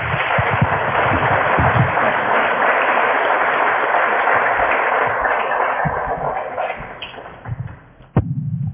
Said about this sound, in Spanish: Un aplauso para él.